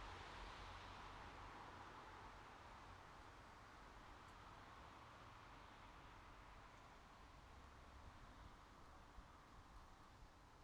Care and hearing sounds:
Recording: everyday scene through a hearing-aid microphone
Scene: in traffic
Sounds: traffic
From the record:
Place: bus stop on a city main road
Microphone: in the ear canal, right

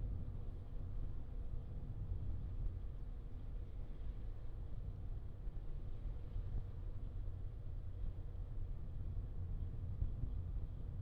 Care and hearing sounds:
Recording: everyday scene through a hearing-aid microphone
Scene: in a vehicle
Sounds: engine, traffic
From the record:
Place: Skoda Fabia, gasoline engine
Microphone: in the ear canal, left

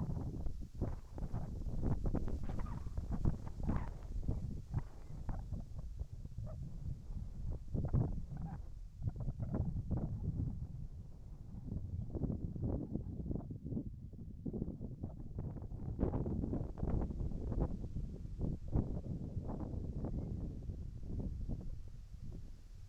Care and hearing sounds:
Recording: everyday scene through a hearing-aid microphone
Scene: wind on the microphone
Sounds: wind, whistling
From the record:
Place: in front of a rural house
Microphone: behind the ear, right, front

